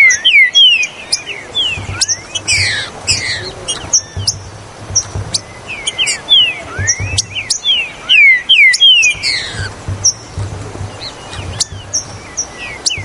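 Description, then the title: Green-winged saltator song of loud, quick whistled phrases, each note sweeping downward, repeated in bursts among sharp ticks and thin high chirps. "Trinca Ferro Ao Maximo Trinca Ferro"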